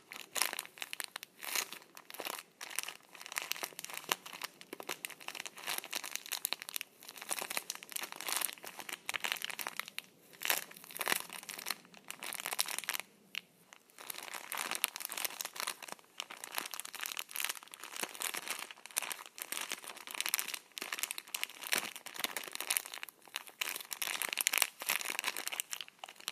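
Tissue paper is rubbed and crumpled between the hands in a constant busy crinkle with frequent sharp crackles. The rustling is bright and dense with almost no low sound, and there are only a few brief near-pauses, around ten and thirteen seconds.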